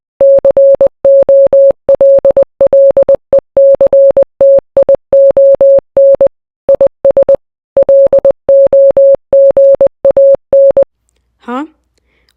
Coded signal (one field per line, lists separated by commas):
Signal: Morse code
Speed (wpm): 20 wpm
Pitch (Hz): 550 Hz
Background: speech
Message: COLLECTION IS LOGAN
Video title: Disventure camp voiceover but one of the characters speaks morse code-